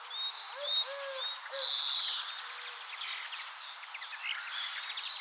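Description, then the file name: European greenfinch with one long buzzy wheeze among faint twitters, and a few soft low hooting notes. "Chloris chloris"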